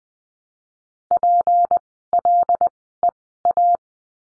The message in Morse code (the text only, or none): PLEA